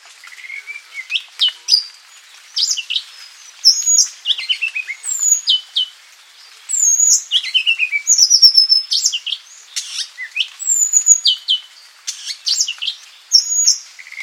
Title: Suara Kacer Madagaskar. suara burung kacer madagaskar